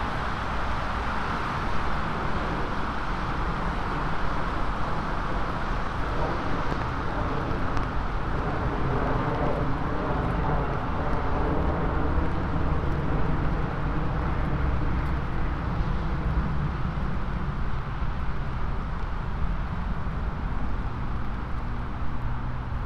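A binaural field recording of a trip across the city by MTA transit, dominated by a steady, dense low rumble of a moving vehicle. The level stays constant throughout, with faint shifting tones and murmur surfacing in the middle stretch.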